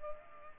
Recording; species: mosquito wingbeat signal from an infrared sensor; Culex pipiens